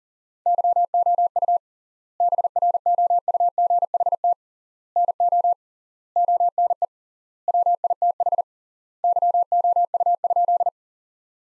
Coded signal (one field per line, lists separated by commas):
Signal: Morse code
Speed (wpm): 40 wpm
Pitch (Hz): 700 Hz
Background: none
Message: YOU BROUGHT NO ONE WITH YOU?